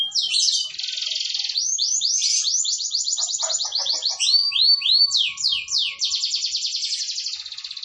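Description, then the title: Canary song: a fast trill, then a run of looping repeated notes, ending in a rapid rolling trill. Cengkok song style, the style sought by contest judges. "Cengkok kenari mewah yang di cari juri"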